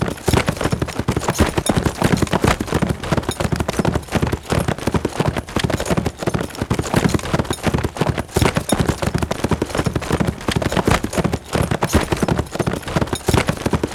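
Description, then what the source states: Horse hoofbeats at a gallop, quick muffled thumps repeating in a rolling rhythm across the whole stretch. Steady, fast gallop on grass.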